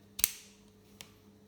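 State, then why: Seated. After a battery replacement on a VW Passat key fob, the metal key blade is pushed back into the fob and snaps into place with a sharp double click at about 0.2 s. A fainter tick follows at 1.0 s, and the blade is seated.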